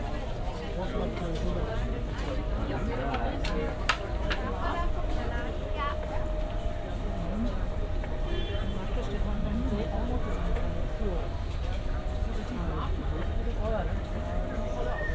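Market visitors chat and haggle with sellers in a steady babble of overlapping voices, with a faint constant tone and occasional clinks throughout.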